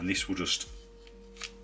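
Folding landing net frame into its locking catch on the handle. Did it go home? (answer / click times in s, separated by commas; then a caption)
yes / 1.4 s. Someone talks while the thumb catch on an Adventuridge Mini Scoop landing net is pulled back, the net slides forward, and the folding net frame is let go. After a quiet pause with a faint tick, a sharp click at 1.4 s marks the frame slotting into its locking catch on the handle and locking into place.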